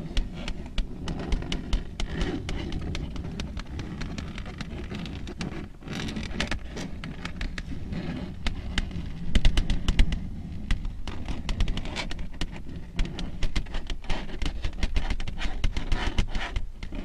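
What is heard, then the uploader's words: Long nails tap and scratch in a steady stream of quick, crisp clicks that patter densely like rain on a surface. A low, rough rumble runs underneath throughout, with a brief pause near six seconds and slightly louder tapping around nine to ten seconds. Slow, rhythmic long nail tapping and scratching ASMR sounds.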